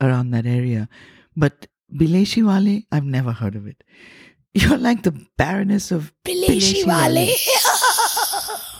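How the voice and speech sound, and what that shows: An adult woman speaks in clear, fluent conversational English with steady, clear voicing and natural pitch movement. Brief pauses separate her phrases, and the clip ends in breathy laughter. The voice is normal.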